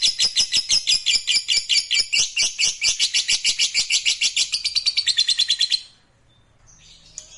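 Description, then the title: Lovebird delivering a long, high, rattling trill of quick repeated notes that stops abruptly, followed by near silence. Fighter-type lovebird giving the ngekek, a long continuous trill. "Begitu Dengar Suara Lovebird FIGHTER NGEKEK PANJANG"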